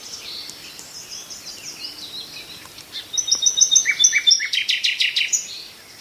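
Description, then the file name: Common nightingale song, soft high phrases giving way to louder notes and a burst of sharp repeated clicks and chirps. "Nachtegaal"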